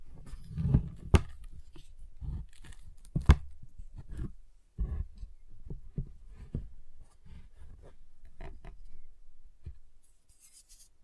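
Tapping and handling sounds on a giant chocolate bar, heard as a string of short, dull knocks spaced unevenly through the clip. Two sharper, brighter cracks stand out near one and three seconds, like snaps. Soft rubbing and scraping fill the gaps, thinning toward the end.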